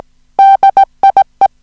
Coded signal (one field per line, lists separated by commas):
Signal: Morse code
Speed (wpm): 17 wpm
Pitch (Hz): 780 Hz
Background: music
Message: DIE